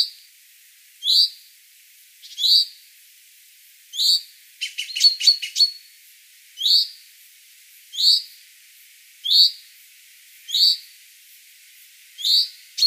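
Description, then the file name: Common chaffinch calls, a sharp emphatic note repeated steadily about every one and a half seconds, broken once by a fast flurry of ticking notes. "Fringilla coelebs"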